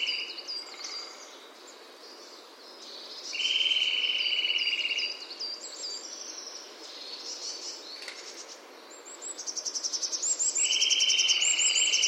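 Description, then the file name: Eurasian nuthatch trills, a rapid string of steady whistled notes heard twice, set among busy higher twittering. "Sitta europaea"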